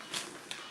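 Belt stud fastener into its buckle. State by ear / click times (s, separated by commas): seated / 0.5 s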